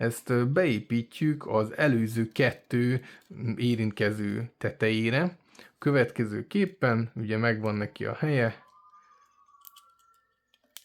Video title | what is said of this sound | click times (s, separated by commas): Elkészült a brutális PS5 kontroller! Megérte? (PRO kontroller építés 4. rész) eXtremeRate RISE4 | and we click it on. | 10.8 s